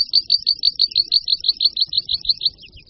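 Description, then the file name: Meadow pipit song: rapid, high, chipping notes repeated quickly and evenly, slightly buzzy, fading at the end. "Linduška luční"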